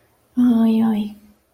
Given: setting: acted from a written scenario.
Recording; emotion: vocal sound without words; distress